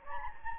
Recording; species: mosquito wingbeat signal from an infrared sensor; Anopheles gambiae